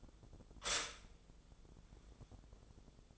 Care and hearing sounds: daily activity, microphone in the room; stop toaster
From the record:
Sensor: 5

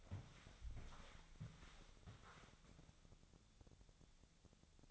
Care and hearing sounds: daily activity, microphone in the room; walk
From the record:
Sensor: 3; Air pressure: 1000.5 hPa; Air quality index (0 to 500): 166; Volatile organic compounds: 3 ppm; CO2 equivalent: 1448 ppm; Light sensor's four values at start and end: 19/48/20/21 and 18/48/19/21

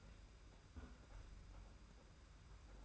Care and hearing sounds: daily activity, microphone in the room; close fridge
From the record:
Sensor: 2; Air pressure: 991.7 hPa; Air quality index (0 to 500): 221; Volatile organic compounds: 1000 ppm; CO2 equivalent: 7369 ppm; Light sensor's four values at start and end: 26/82/32/30 and 26/82/32/30

